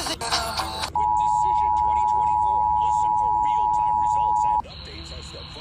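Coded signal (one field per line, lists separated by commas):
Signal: Emergency Alert System (SAME) tones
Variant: 853 and 960 Hz attention tone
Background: speech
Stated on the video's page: New Hampshire statewide Required Monthly Test, relayed by NOAA Weather Radio transmitters on 162.400–162.525 MHz and by FM stations, including HD subchannels.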